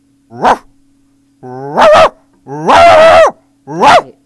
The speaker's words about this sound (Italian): Cani piccoli.